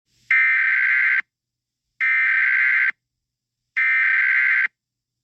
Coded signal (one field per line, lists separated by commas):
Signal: Emergency Alert System (SAME) tones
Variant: header bursts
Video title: EAS SCENARIO 28: Attack Of The Nightmare Critters